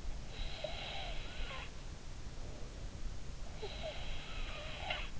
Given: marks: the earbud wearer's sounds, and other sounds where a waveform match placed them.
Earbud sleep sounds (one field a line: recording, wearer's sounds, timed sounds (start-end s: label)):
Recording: sounds in sleep by an in-ear microphone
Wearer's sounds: snoring breath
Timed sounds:
0.00-2.51 s: snoring breath
3.25-5.13 s: snoring breath